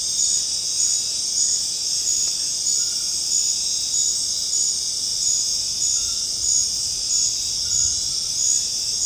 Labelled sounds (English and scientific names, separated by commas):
none